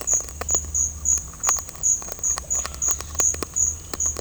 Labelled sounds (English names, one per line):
none